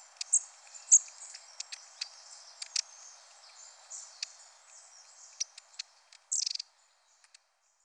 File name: Mésange-à-longue-queue